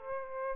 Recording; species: mosquito wingbeat signal from an infrared sensor; Aedes albopictus